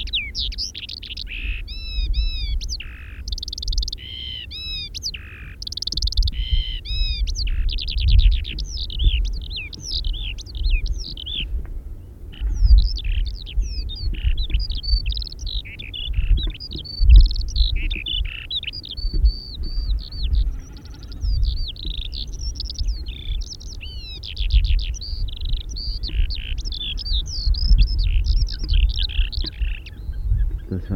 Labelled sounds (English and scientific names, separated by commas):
Eurasian Skylark (Alauda arvensis) song